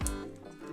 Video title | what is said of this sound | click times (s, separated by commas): ROKR Marble Night City Marble Run Step-by-Step Assembly Guide: Part 2 | yep here a little we click that's good that's what we want to hear | 0.1 s